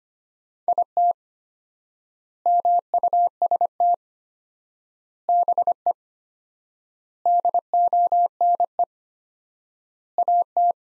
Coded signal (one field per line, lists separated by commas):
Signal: Morse code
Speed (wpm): 25 wpm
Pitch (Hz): 700 Hz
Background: none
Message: IT MUST BE DONE AT